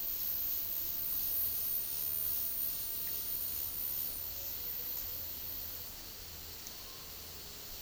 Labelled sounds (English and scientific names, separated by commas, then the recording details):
none
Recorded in dense forest near Puerto Asís, Putumayo, Colombia, on 21 February 2024 at 14:30
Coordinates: 0.503, -76.322
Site G6418